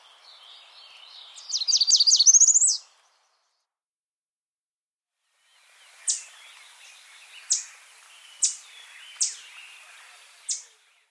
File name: American Redstart